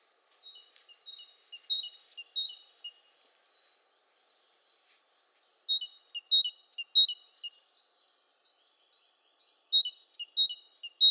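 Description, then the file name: Great tit song: three strophes of rapidly repeated high descending note groups, separated by short pauses, the last cut off. "Parus major"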